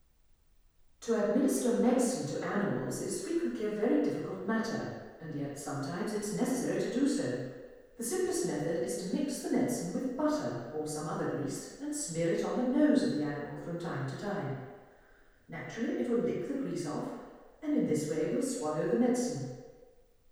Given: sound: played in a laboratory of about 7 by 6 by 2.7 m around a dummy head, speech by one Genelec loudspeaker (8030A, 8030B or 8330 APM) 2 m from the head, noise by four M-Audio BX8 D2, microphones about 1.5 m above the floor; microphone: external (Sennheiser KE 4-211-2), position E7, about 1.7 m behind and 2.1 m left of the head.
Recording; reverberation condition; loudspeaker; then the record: female speech in English; high; 120 degrees to the right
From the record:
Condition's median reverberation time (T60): about 1300 ms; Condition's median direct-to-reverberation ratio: about -4.0 dB